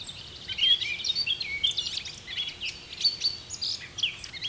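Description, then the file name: Eurasian blackcap song, a fast, continuous scratchy warble of varied high chirps and short whistled notes, sustained throughout without pause. "Sylvia atricapilla"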